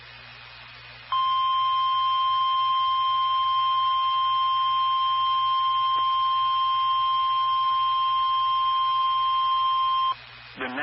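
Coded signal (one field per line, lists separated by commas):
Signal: Emergency Alert System (SAME) tones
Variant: 1050 Hz attention tone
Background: speech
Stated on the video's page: Severe Thunderstorm Warning from NOAA Weather Radio station in Miamisburg, Ohio.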